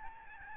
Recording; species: mosquito wingbeat signal from an infrared sensor; Aedes albopictus